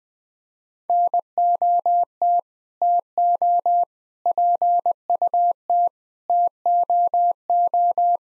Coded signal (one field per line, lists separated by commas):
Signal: Morse code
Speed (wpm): 20 wpm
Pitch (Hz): 700 Hz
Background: none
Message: NOT TO PUT TOO